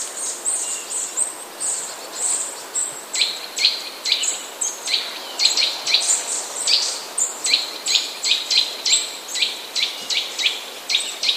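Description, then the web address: Eurasian nuthatch high trill: thin, sharp notes repeated in a steady series over a light noise background. "kowalik kowalikwysokitryl"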